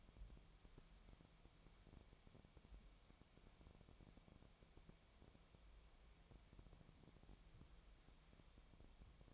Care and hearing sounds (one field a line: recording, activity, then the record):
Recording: daily activity, microphone in the room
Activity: wipe stove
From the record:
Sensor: 1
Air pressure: 1007.1 hPa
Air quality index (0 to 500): 205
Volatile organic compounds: 22 ppm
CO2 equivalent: 2762 ppm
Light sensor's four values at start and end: 13/32/13/14 and 13/33/13/14